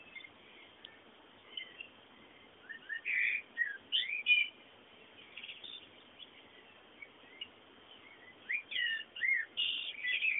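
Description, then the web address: Birds twitter in scattered short bursts of chirps around the middle and end, with a steady background hiss between them. "bullas Bullasdata sounds fondo pajaros"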